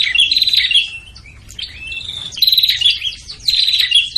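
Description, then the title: Prinia calls: buzzy, crackling bursts at start and end with a quieter stretch of thin whistled notes in between. Noisy prinia calls used to lure prinias, including Prenjak Kepala Merah (red-headed) and Prenjak Tamu. "Suara Prenjak Ribut Buat Pikat Burung Prenjak Kepala Merah Prenjak Tamu"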